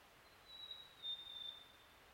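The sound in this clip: Swynnerton's robin giving a thin, drawn-out high whistle that holds nearly steady in pitch, with background hiss.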